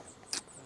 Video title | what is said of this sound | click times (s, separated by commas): Airgun Expo 2024 – Live Day 2 – Gamo Arrow .22 / .177 / Hawke Provided by Gamo USA | you have to make sure you push it all the way in and it locks into place | 0.3 s